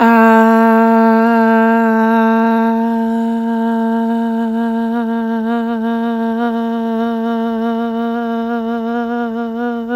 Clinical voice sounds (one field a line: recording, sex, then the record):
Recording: sustained vowel /a/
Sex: female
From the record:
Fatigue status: fatigue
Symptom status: symptomatic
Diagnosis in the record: COVID-19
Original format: m4a